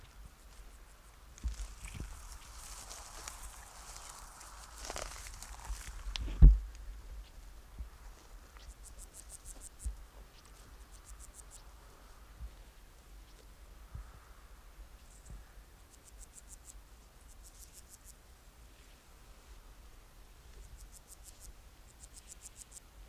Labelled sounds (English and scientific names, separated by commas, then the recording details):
Bruner Slantfaced Grasshopper (Bruneria brunnea) stridulation
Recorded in the wild
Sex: male
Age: imago
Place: Jasper National Park, Rocky Mountains, Alberta, CA
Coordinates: 52.9294, -118.026
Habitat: clearing
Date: 1991-09-14 14:47
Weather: in Sonne 37°C
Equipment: Sony WM-D6C, Sony ECM-939 LT (Stereo), Kopie Uher 4400 IC
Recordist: Frommolt, Karl-Heinz